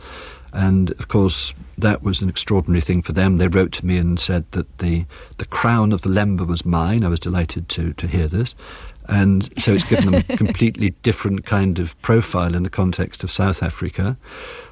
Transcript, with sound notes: and of course that was an extraordinary thing for them. They wrote to me and said that the crown of the Lemba was mine. I was delighted to hear this.
(laughs)
And so it's given them a completely different kind of profile in the context of South Africa.